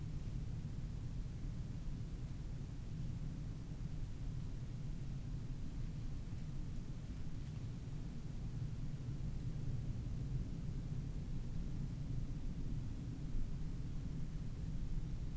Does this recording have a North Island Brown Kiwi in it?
no